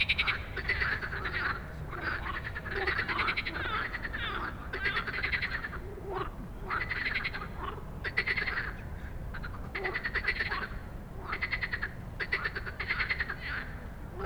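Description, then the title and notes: Many frogs croaking together, short buzzy pulsed bursts repeating irregularly throughout, with softer lower croaks and a constant low rumble. Many frogs giving an evening chorus after dark in Stromovka Park, Prague, 18 May 2022, from 22:08; recorded on a Sony PCM-D100. "Stromovka Park, Prague - Frog concert at Stromovka after dark. Już z daleka słyszałem, że gdzieś blisko jest gęsto od żab i dają wieczorny koncert. I heard from afar that there is a lot of frogs somewhere near and they are giving an evening concert"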